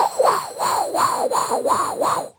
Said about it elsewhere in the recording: When you get that monitor on and you hear that, no, how fast it goes like this. That's what a baby's heartbeat sounds like.